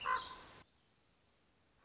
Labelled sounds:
Common Raven
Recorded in Sonoma County, California

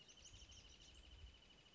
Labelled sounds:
Wrentit
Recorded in Sonoma County, California

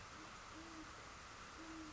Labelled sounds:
Great Horned Owl
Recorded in Sonoma County, California

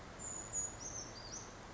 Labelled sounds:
Brown Creeper
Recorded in Sonoma County, California

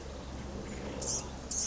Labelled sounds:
Blue-gray Gnatcatcher
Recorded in Sonoma County, California

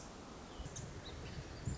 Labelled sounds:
Pacific Wren
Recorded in Sonoma County, California

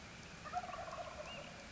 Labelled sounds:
Wild Turkey
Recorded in Sonoma County, California

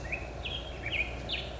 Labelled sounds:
Black-headed Grosbeak
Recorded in Sonoma County, California

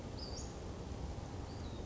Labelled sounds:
Western Flycatcher
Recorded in Sonoma County, California

